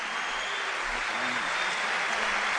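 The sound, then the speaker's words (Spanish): A crowd applauds steadily, a dense, continuous crackle of many hands clapping at an even loudness throughout, with faint traces of voices murmuring underneath. “fuerte el aplauso ahí.”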